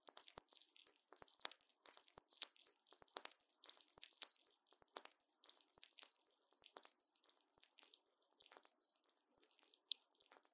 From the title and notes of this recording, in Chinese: ASMR 各種玩弄線麥-跳跳糖 | Lo-fi Earphone Mic | Lo-fi | No Talking。